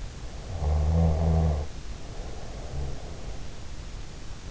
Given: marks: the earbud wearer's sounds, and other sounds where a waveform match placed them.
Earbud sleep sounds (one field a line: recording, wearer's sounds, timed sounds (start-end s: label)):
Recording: sounds in sleep by an in-ear microphone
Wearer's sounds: snoring breath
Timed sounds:
0.47-3.47 s: snoring breath